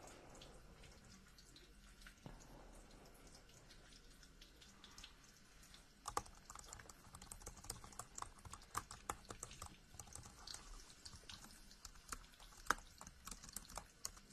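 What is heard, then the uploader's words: Typing and small handling noises: crisp, irregular clicks and taps scatter through the clip, growing busier after about six seconds with a few sharper knocks near 6 and 12.7 seconds. Under them runs a steady low rumble and a soft, watery hiss. Typing, paper shuffling and lots more, including thunder.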